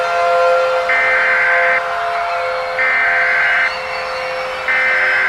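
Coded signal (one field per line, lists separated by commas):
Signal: Emergency Alert System (SAME) tones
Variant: header bursts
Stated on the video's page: Fictional EAS scenario (simulated), part one of a dragon story.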